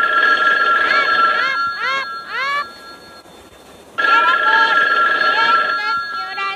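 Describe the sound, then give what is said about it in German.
A telephone rings in the headquarters at 6 in the evening, in two long bursts separated by a pause of about two and a half seconds, a bright, trilling electronic ring with steady high tones and quick warbling chirps. “Um 6 Uhr am Abend klingelte dann in der Zentrale das Telefon.”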